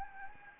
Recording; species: mosquito wingbeat signal from an infrared sensor; Anopheles gambiae